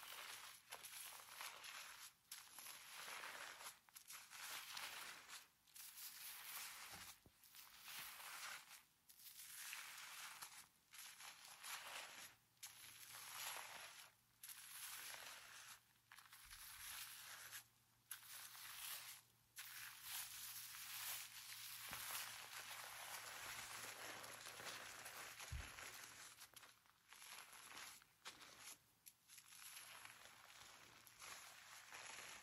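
Hair being washed and brushed, with scalp scratching and massage making a dense, crackly rustle that runs almost without pause. The scratchy strokes surge and ease in a loose rhythm, dipping briefly every second or two. A faint low hum sits underneath throughout.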